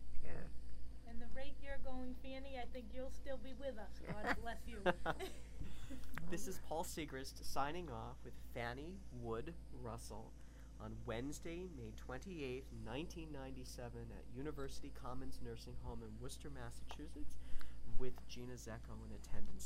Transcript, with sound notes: Yeah.
And the rate you're going, Fannie, I think you'll still be with us. God bless you. (they all laugh)
This is Paul Sigrist signing off with Fannie Wood Russell on Wednesday, May 28th, 1997 at University Commons Nursing Home in Worcester, Massachusetts, with Gina Zecco in attendance.